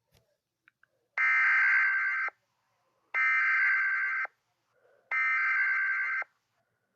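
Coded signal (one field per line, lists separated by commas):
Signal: Emergency Alert System (SAME) tones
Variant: header bursts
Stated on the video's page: Fictional EAS scenario alert tones, without sirens and with the Emergency Action Notification removed.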